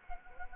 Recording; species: mosquito wingbeat signal from an infrared sensor; Anopheles gambiae